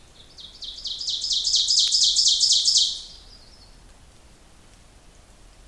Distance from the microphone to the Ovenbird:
about 10 m